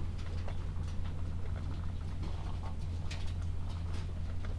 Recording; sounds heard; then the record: poultry house recording; sick chickens (respiratory disease)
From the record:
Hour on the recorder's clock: 13